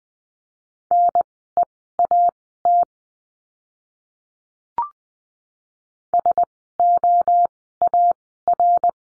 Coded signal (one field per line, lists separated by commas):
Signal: Morse code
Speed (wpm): 20 wpm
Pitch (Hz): 700 Hz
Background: none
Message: NEAT SOAR